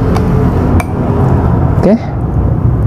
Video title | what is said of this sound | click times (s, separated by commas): CARA LEPAS PASANG KEYBOAD LAPTOP DELL LATITUDE 3440 | sudah ya sudah terkunci semua nah | 0.2 s, 0.8 s